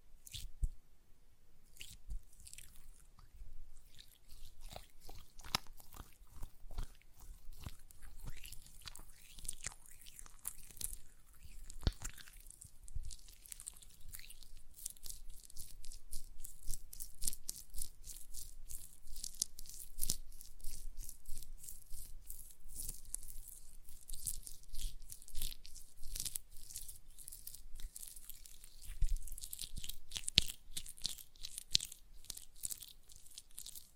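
Hands work gel lotion in dense, wet squelching and sticky crackles, sparse at first, then quickening into a near-continuous bright smacking after fifteen seconds.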